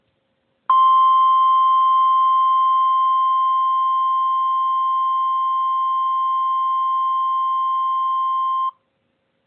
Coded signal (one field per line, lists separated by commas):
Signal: Emergency Alert System (SAME) tones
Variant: 1050 Hz attention tone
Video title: EAS Scenario- Supervillain Catastrophe Part 3: Animal Fight of Doom